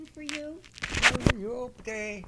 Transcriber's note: disturbance to the microphone